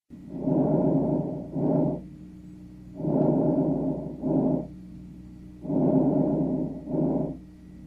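Normal vesicular breath sounds over an adult's lungs: three soft, low-pitched breath cycles at about 23 a minute. Each has a longer inspiratory rustle followed by a shorter, fainter expiration, as heard over most of the healthy lung fields.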